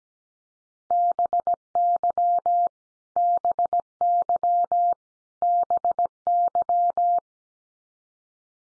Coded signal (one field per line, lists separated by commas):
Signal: Morse code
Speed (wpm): 17 wpm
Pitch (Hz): 700 Hz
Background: none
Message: BY BY BY